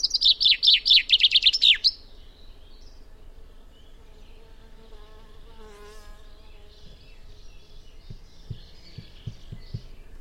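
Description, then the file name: Common chaffinch song at the start, a fast descending rattle of notes with a terminal flourish, then quiet with a faint bird and a few soft low knocks. "Fringilla coelebs"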